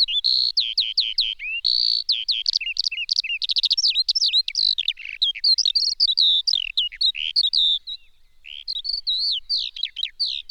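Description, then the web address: Bird song, a long varied warble of sharp chirps, rattling trills and whistled slurs, briefly pausing near the end before resuming. Birds of the countryside. "Répertoire son Ombres du passé oiseaux campagne"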